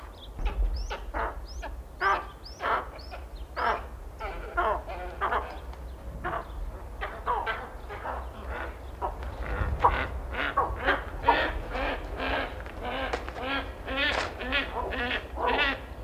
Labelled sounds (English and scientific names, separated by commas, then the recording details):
Tawny Eagle (Aquila rapax) call
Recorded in captivity
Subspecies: rapax
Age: adult
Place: Zoo Antwerpen, Flandern, BE
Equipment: Halbspur, 9,5 cm/s
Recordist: Lütgens, Hans